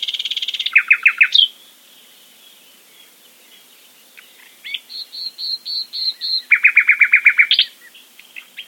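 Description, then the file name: Common nightingale song with varied phrases: fast repeated chattering notes, a pause, then a series of pure high whistles and a loud rapid trill. "nachtigall"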